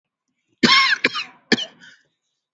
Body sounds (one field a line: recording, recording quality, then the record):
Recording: shallow voluntary cough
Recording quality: excellent, no background noise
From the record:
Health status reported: COVID-19 positive, no symptoms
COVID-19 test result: positive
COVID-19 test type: RT-PCR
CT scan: not taken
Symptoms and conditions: cough, breathing difficulty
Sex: male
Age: 52 years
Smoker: yes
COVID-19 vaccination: one dose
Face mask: worn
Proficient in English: yes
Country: India